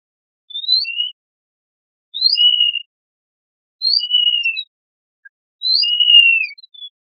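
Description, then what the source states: Mouse singing four phrases, each a short rising whistle then a longer level or falling tone, separated by silence. Ultrasonic songs of male mice.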